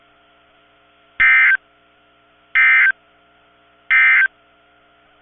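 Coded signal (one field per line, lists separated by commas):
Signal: Emergency Alert System (SAME) tones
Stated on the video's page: Severe storm alerts from NOAA Weather Radio stations in Kentucky and Ohio.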